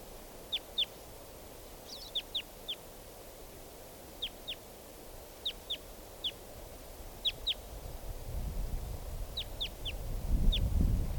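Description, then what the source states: Red Crossbill (type 2): sharp downslurred chip calls, singly or in short groups separated by pauses, with low rumbling noise rising near the end. Lone wild type 2 bird left sitting by itself in a treetop after a type 4 bird flew off.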